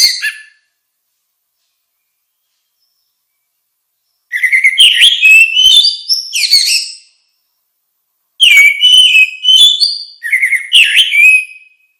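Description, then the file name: Orange-headed thrush song: loud, varied whistled phrases with quick slurred and warbled notes, delivered in bursts separated by silent pauses. "suara kicau burung anis merah"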